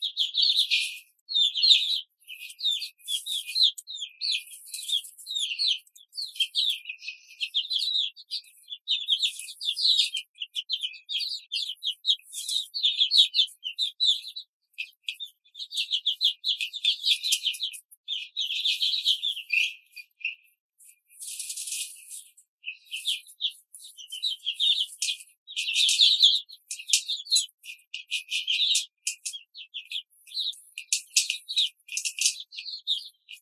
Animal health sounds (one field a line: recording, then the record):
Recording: young laying hens in a cage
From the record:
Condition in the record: control cage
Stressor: none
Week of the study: 5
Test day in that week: 1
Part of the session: 3